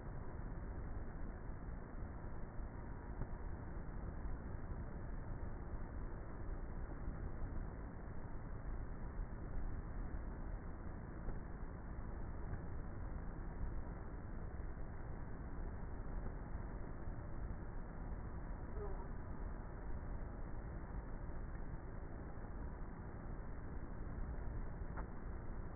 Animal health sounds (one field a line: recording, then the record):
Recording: honeybee colony, microphone inside the hive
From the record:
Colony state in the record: queenless with a low population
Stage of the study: before two queens were removed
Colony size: about 30,000 bees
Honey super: no